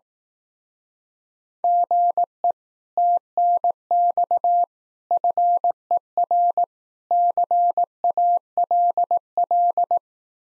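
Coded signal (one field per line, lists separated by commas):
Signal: Morse code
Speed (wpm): 18 wpm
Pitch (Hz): 700 Hz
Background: none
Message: GE TNX FER CALL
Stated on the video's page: Morse code speed-racing drill of common QSO phrases, starting fast and slowing to a 15 wpm base speed.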